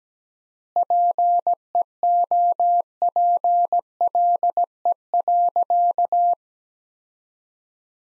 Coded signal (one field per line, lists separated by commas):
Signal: Morse code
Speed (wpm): 17 wpm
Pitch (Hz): 700 Hz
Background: none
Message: PEOPLE.